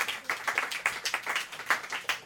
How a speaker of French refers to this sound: Mais sinon, mesdames et messieurs, gardez... votre plus chaude main d'applaudissement pour plus tard. Pour l'instant, s'il vous plaît, on applaudit